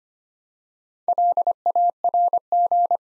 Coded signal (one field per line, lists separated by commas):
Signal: Morse code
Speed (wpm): 25 wpm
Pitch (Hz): 700 Hz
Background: none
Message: LARG